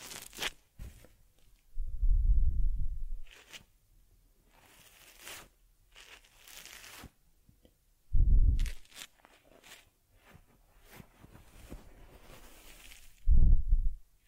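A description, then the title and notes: Ear cleaning on a teddy: soft scratchy rustles and brushing strokes, with three heavy muffled rubbing bursts near 2, 8 and 13 seconds. Taking Care of Teddy Head Massage, Facial Cleansing, Fur Combing and Ear Cleaning.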